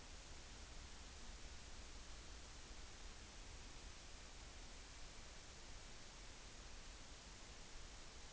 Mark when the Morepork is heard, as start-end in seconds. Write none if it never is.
none